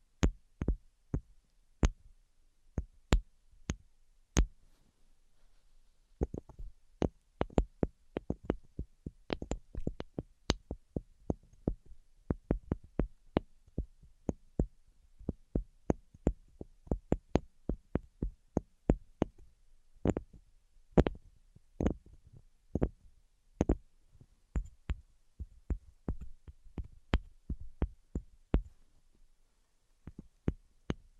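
Tapping sounds, sharp and dry, fall in an irregular stream for the whole stretch with no talking. Taps come in bursts, sometimes quick rolls of several, sometimes single knocks, with brief pauses between, over a soft low hum.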